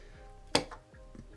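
A plastic piece is pushed into the body of a Transformers Rise of the Beasts Mainline Rhinox action figure. It seats with a sharp, loud click at 0.6 s, followed by a fainter tick at about 0.7 s. The piece is clicked into place and situated.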